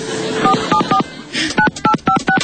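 A series of about seven short telephone keypad tones, each a crisp dual-pitched beep with a click, dialed in a quick uneven rhythm with a brief pause partway through.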